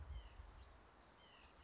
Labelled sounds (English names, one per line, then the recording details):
White-breasted Nuthatch
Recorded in Sonoma County, California